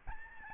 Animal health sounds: mosquito wingbeat signal from an infrared sensor; Aedes albopictus

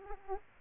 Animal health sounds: mosquito wingbeat signal from an infrared sensor; Aedes aegypti

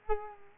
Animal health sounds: mosquito wingbeat signal from an infrared sensor; Culex quinquefasciatus

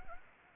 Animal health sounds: mosquito wingbeat signal from an infrared sensor; Anopheles gambiae

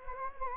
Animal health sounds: mosquito wingbeat signal from an infrared sensor; Anopheles gambiae

